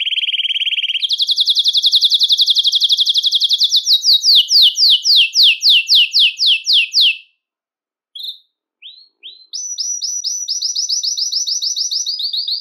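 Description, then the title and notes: Belgian canary singing a low rolling trill, then a higher rapid trill turning into descending slurred notes, a brief pause, and a renewed bright trill. "Canario Belga, nyonyastudio"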